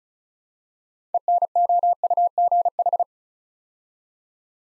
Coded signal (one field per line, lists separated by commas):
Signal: Morse code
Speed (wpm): 36 wpm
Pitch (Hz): 700 Hz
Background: none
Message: ENOUGH